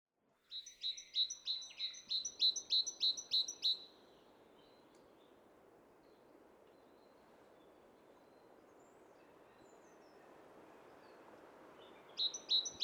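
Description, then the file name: Great tit singing a rapid run of bright two-note phrases for a few seconds, then quiet with faint background hiss, before the phrases start again at the very end. "Parus major"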